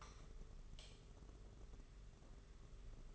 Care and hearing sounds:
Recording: daily activity, microphone in the room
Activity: light on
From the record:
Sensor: 4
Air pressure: 991.8 hPa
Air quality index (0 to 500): 98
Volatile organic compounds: 11 ppm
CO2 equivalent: 2285 ppm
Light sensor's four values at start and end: 7/16/6/6 and 9/25/9/11

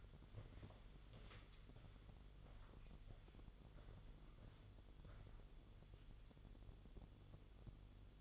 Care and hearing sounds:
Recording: daily activity, microphone in the room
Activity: walk to room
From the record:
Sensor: 4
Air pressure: 1009.0 hPa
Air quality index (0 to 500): 144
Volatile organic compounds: 2 ppm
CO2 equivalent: 1040 ppm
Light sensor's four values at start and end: 15/33/13/13 and 15/34/14/13

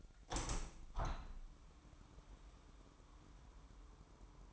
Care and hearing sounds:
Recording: daily activity, microphone in the room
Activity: open window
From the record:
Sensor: 1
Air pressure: 998.6 hPa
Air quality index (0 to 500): 127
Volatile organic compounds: 3 ppm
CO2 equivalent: 1529 ppm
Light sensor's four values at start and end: 8/20/8/10 and 9/21/8/10

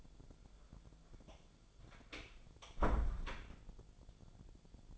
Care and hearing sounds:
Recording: daily activity, microphone in the room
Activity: close door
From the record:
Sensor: 5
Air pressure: 1000.5 hPa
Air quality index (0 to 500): 147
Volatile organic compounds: 2 ppm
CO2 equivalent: 1138 ppm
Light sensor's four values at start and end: 48/113/47/50 and 48/114/47/50

